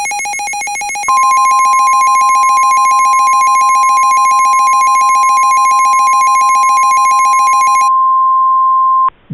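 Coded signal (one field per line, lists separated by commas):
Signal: Emergency Alert System (SAME) tones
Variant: 1050 Hz attention tone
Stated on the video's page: Reenactment mock EAS with valid tones for Special Marine Warnings from the National Weather Service.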